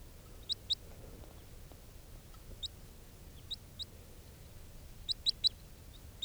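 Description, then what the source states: Crossbill calls: short, high, sharp notes given singly and in pairs, with a quick run of three near the end, separated by quiet gaps. Juvenile crossbill, bird 431, held in captivity after capture, at 8:39; wild birds were coming around.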